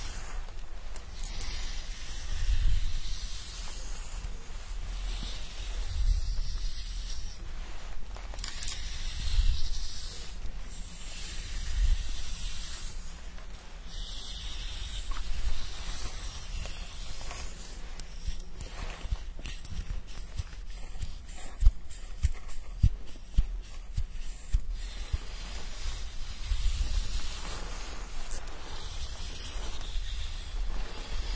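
An immersive hair wash with scalp massage: a continuous soft, hissing rustle of hands working through wet hair, with brighter swishing surges every few seconds and occasional low thumps. Several sharp clicks stand out around the 22-second mark.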